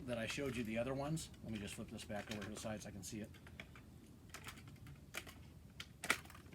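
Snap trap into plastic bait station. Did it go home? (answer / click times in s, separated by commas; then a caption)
yes / 6.1 s. A plastic snap trap that had popped out of its plastic bait station is pushed back into its holder. Someone talks for the first three seconds, then light plastic handling ticks and knocks follow. A sharp snap at 6.1 s marks the trap popping into place in the station.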